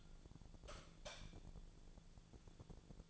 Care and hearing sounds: daily activity, microphone in the room; light off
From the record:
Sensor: 5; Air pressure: 1000.2 hPa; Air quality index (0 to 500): 98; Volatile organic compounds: 1 ppm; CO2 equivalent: 793 ppm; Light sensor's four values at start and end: 166/397/168/184 and 165/394/167/183

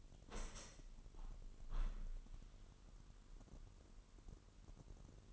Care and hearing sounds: daily activity, microphone in the room; open window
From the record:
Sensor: 4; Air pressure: 998.9 hPa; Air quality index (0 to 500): 128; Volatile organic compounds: 2 ppm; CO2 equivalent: 1262 ppm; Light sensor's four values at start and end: 8/20/8/9 and 8/20/8/9

